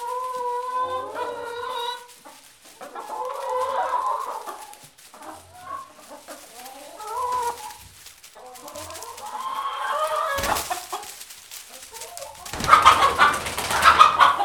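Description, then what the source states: Chickens clucking and squawking in short, nasal bursts, several birds overlapping, with a louder flurry of harsh squawks and scuffling near the end. Chickens recorded in a henhouse.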